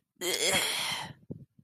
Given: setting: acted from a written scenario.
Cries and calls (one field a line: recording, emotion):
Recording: vocal sound without words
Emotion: disgust